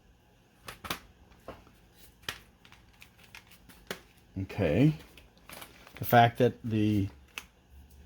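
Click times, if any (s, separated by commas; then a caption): 7.4 s. The two plastic halves of a keyboard case, cleaned, are pressed together around the edges, with a series of short sharp snaps while someone talks. The snap-fit clips engage with a sharp click at 7.4 s. The sides come together and click into place, a good sign that the case halves are seated.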